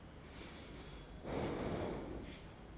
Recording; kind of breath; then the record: one breath in and out by a microphone near the nose and mouth; normal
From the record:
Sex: male